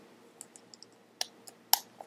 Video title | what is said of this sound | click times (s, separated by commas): Holster Talk Part 3 | and snap into place | 1.7 s